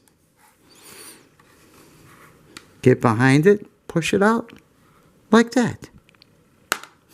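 A plastic headlight lens is pushed out from behind, out of the metal shell of a postwar model-train locomotive. Someone talks amid faint scraping and handling noises, then the lens pops free with one sharp pop at 6.7 seconds.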